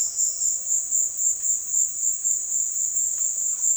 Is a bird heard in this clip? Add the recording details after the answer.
no. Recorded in dense forest near Puerto Asís, Putumayo, Colombia, on 18 February 2024 at 17:00. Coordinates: 0.496, -76.326. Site G6383